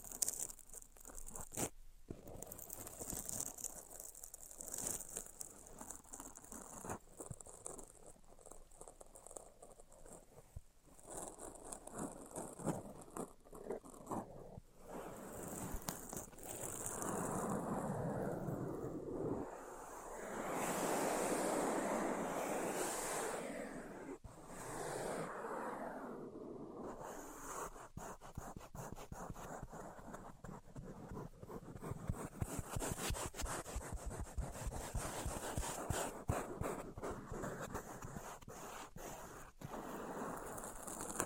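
Tapping, scratching and tracing sounds run throughout, with dense, irregular clicks and taps scattered across the whole length. Around 19 to 25 seconds a smoother, louder rubbing swell takes over, rising and fading, before the quick, uneven tapping returns.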